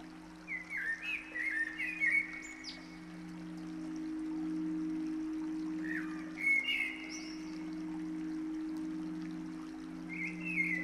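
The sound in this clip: Bird song in short whistled, warbling phrases separated by pauses, with a steady low hum running underneath throughout.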